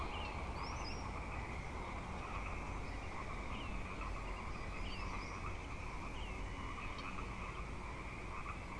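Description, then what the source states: Frogs in chorus, a steady band of overlapping notes over a constant background hiss. Frog chorus at Grafton Lake, recorded 3 May 2009.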